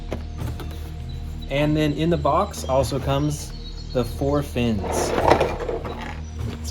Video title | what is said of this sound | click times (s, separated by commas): HUGE Carnivores Size Comparison Haul - Tyrannosaurus Rex, Indominus Rex, Giganotosaurus, and More! | here's the tail let's go ahead and attach the tail and it just clicks right in | 0.1 s